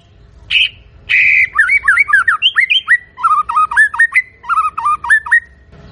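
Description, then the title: White-rumped shama song starting with two harsh buzzy notes, then a fast tumbling series of twisting whistled notes in loud, varied bursts. Lure recording of a loud, actively singing shama, intended to provoke a response from other birds. "PANCINGAN MURAI BATU GACOR"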